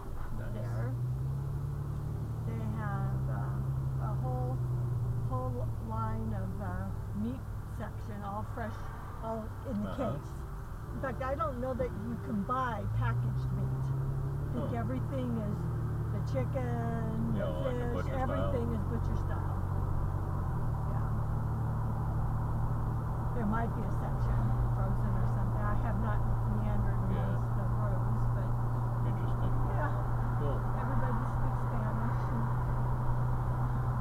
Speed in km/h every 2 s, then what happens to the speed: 18, 21, 21, 16, 8, 13, 16, 24, 32, 39, 40, 45, 45, 47, 47, 47, 48.
4-9 slows to 8. 9-22 speeds up to 45. 22-34 steady at about 47.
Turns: none.